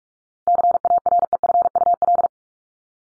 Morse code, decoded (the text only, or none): CAREFUL